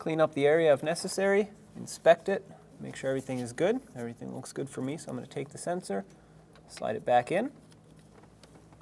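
Someone talks while handling the camshaft position sensor of a 2014–2021 Mazda 6, which is being slid back into its bore in the engine cylinder head, with its rubber O-ring meant to click in place once fully seated. A few faint, brief handling sounds follow near the end, around 7.7 and 8.4 seconds. Nothing has seated or clicked yet.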